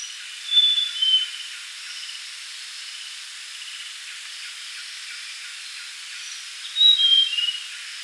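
Grey-chested jungle flycatcher singing two thin whistled phrases about six seconds apart, each a high note sliding to a lower one, against continuous insect hiss.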